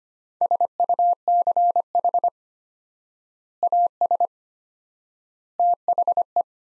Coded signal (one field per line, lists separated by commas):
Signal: Morse code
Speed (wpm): 25 wpm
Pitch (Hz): 700 Hz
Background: none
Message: SUCH AS THE